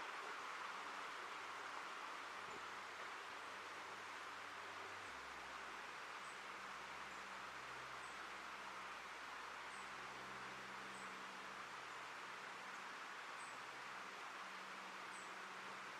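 Steady forest hiss of wind through trees over a low traffic hum, with a faint high chirp repeating every couple of seconds.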